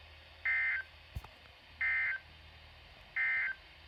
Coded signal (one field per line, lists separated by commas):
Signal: Emergency Alert System (SAME) tones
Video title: WE LIKE LATE TESTS! Usual weeklies as of 3/2/22 (EAS #61-62)